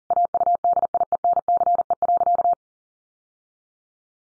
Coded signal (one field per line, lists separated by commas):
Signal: Morse code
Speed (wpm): 37 wpm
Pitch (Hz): 700 Hz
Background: none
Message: AUDIENCE.